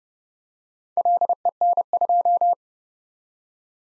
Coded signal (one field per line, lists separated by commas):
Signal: Morse code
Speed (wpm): 35 wpm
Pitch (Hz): 700 Hz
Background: none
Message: LEN2